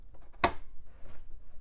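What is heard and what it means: An expansion card is pulled back out of a riser slot that had been treated with contact cleaner, which made the removal easier. A single sharp click of the card releasing is heard at 0.4 s over a quiet background. The card comes free and the removal is confirmed.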